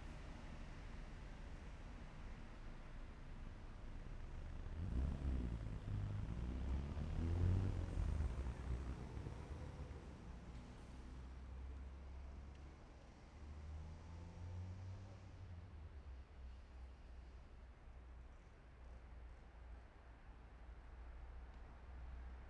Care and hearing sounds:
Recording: everyday scene through a hearing-aid microphone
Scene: in traffic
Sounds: traffic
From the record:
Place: main city hub, rush hour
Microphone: behind the ear, left, rear

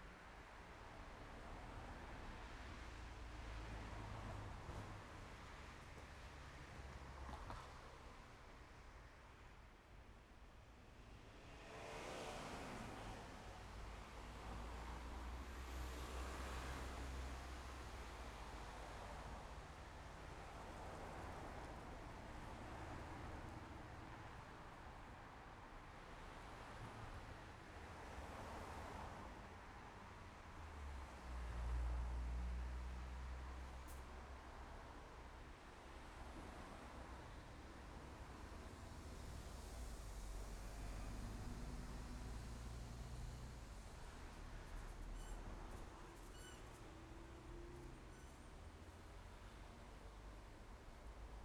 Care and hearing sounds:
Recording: everyday scene through a hearing-aid microphone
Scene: in traffic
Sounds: traffic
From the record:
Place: main road on the outskirts, rush hour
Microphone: behind the ear, left, front

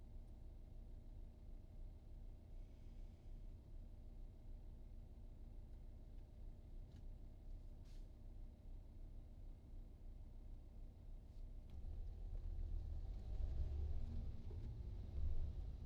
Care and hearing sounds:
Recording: everyday scene through a hearing-aid microphone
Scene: in a vehicle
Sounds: engine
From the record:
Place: VW T5 Caravelle, diesel engine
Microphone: in the ear canal, right

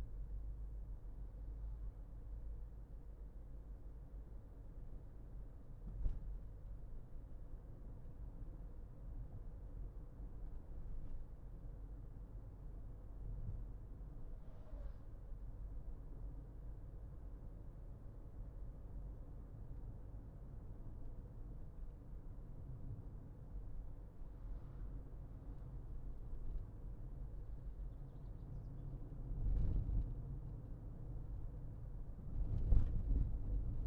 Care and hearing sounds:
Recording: everyday scene through a hearing-aid microphone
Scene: in a vehicle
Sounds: engine, highway driving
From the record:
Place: Berlingo II, diesel engine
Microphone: behind the ear, left, rear

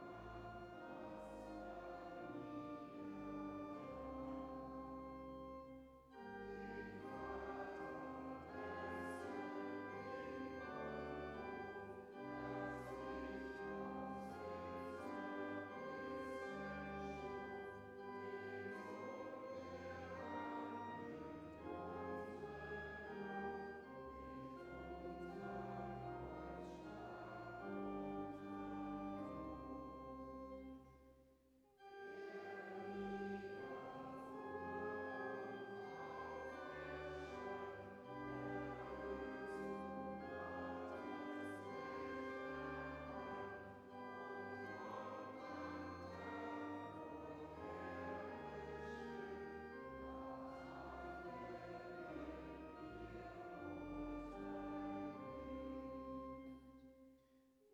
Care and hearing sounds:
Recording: everyday scene through a hearing-aid microphone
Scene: reverberant space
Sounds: music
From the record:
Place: church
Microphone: behind the ear, right, front

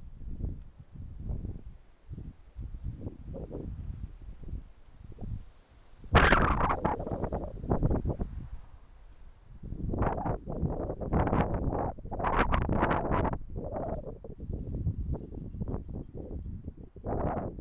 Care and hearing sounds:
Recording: everyday scene through a hearing-aid microphone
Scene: wind on the microphone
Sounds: wind, traffic, birds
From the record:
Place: suburban garden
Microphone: behind the ear, left, rear

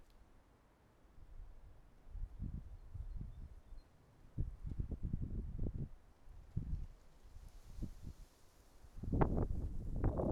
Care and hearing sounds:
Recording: everyday scene through a hearing-aid microphone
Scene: wind on the microphone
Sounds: wind, traffic, birds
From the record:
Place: suburban garden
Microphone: behind the ear, right, front

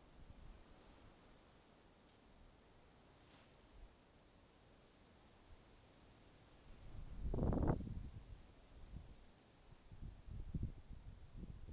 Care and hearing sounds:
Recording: everyday scene through a hearing-aid microphone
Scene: wind on the microphone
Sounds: wind, traffic, birds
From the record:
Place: suburban garden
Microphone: in the ear canal, right

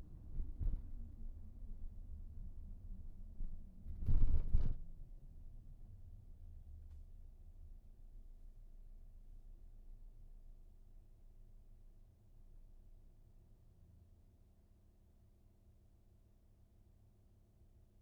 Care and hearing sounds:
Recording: everyday scene through a hearing-aid microphone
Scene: in a vehicle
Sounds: engine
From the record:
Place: VW T5 Caravelle, diesel engine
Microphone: behind the ear, right, front

